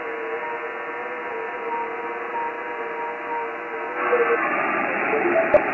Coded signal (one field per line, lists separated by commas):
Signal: FT8